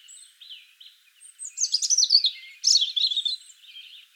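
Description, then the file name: European robin song: a few thin, faint notes, then loud bursts of high, rapidly sweeping twittering, followed by softer warbling. "Erithacus rubecula"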